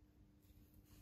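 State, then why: Not seated. A suspension travel sensor on a BMW S1000RR K67 is pushed by hand into its mount at the bottom of the front fork, with a steady low hum and a brief burst of handling noise after 0.4 s. Nothing has seated or snapped into place yet.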